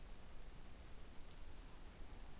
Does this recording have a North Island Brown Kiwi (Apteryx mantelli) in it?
no